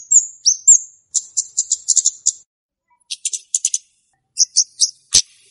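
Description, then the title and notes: Flowerpecker song: high, sharp chirps and short ticking series, brief pauses between bursts, a sharp click near the end. Song of the flowerpecker known locally as cabe-cabean, used as a lure call to attract birds. "Kicau Untuk Pancing Burung Kemade ( Cabe Cabean). Suara Burung Cabe Cabean Pikat"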